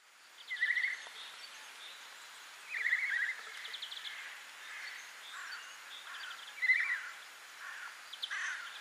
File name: Garrulus glandarius